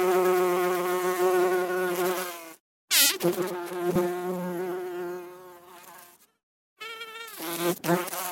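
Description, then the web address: Bee buzzing, a loud rich droning tone that wavers in pitch, broken by two short silences and a few sharp clicks. "пчела"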